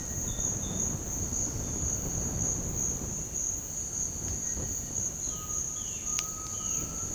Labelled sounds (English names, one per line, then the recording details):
Cinereous Tinamou
Violaceous Jay
Undulated Tinamou
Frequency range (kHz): Cinereous Tinamou 1.4-2.4 kHz; Violaceous Jay 2.4-4.6 kHz; Undulated Tinamou 0.9-1.9 kHz
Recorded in secondary vegetation near Puerto Asís, Putumayo, Colombia, on 20 February 2024 at 07:00
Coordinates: 0.468, -76.324
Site G6381